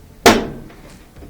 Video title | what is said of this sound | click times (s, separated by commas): ✨ Washer Makes Noise - Won't Agitate or Spin - $$$ Saving Fix ✨ | We're going to push down until it clicks. Got it. | 0.3 s